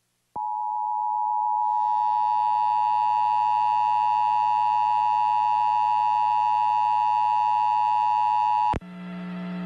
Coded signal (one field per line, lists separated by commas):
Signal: Emergency Alert System (SAME) tones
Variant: 853 and 960 Hz attention tone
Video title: EAS Child Abduction Emergency (AMBER Alert) Anchorage, Alaska Regional Alert